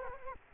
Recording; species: mosquito wingbeat signal from an infrared sensor; Culex quinquefasciatus